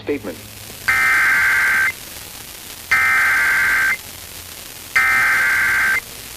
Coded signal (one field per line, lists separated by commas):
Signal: Emergency Alert System (SAME) tones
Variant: header bursts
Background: speech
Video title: EAS Alerts from July 9th, 2025 [EAS #2,291-2,324]